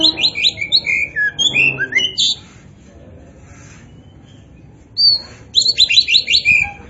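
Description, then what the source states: Oriental magpie-robin song: fast runs of slurred whistles and chattering notes, a pause, then another lively chattering run. Kacer poci variety; gacor, an Indonesian term for a bird singing actively and continuously.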